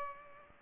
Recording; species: mosquito wingbeat signal from an infrared sensor; Culex pipiens